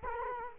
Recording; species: mosquito wingbeat signal from an infrared sensor; Culex quinquefasciatus